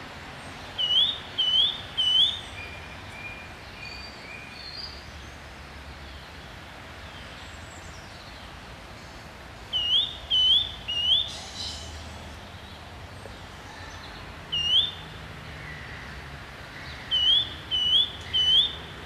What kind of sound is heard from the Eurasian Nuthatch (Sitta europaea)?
song